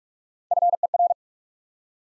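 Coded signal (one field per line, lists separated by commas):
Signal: Morse code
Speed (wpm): 47 wpm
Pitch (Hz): 700 Hz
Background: none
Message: FER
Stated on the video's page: Top 20 QSO elements head-copy drill at 45 wpm: each sent in Morse, spoken, then sent again.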